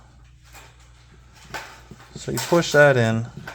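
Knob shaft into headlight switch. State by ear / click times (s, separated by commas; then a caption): not seated / none. A knob shaft is lined up with the triangular keyed opening of a headlight switch, ready to be pushed in. There is quiet handling and faint rustling as someone talks, with their voice growing louder toward the end. Nothing has seated or clicked yet.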